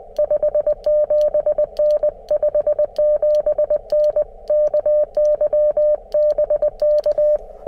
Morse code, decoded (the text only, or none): 57N 57N KY BK